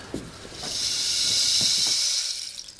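A rain stick (palo de lluvia) from the Amazon is tipped and played, giving a steady, bright rushing hiss like falling rain, swelling then fading, with a few faint pattering clicks scattered through it. No one speaks.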